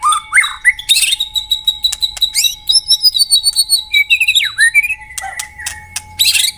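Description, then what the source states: White-rumped shama song: long sequence of whistled phrases, trills and sharp ticks, varied and rapid, with a steady background tone. Lure (pikat) song of white-rumped shama.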